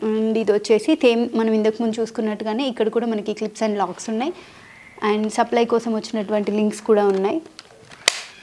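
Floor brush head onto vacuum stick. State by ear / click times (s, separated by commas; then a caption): seated / 8.1 s. Someone talks while holding a floor and carpet brush head with clips, locks and power links, then pushes it onto the vacuum stick. A sharp click at 8.1 s shows the head has locked in place.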